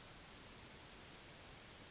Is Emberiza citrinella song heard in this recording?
yes